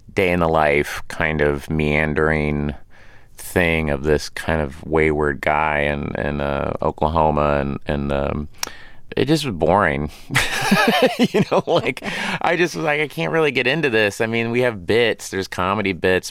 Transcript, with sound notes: day-in-the-life, kind of meandering thing of this kind of wayward guy in Oklahoma. And it just was boring. (Laughter) You know? (Laughter) Like, I just was like, I can't really get into this. I mean, we have bits. There's comedy bits.